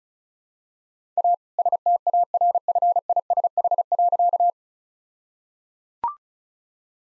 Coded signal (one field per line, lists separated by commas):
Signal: Morse code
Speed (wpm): 34 wpm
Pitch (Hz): 700 Hz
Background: none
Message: A STARFISH.